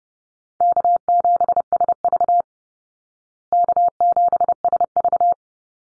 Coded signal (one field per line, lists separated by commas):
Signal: Morse code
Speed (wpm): 30 wpm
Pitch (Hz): 700 Hz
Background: none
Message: K7SV K7SV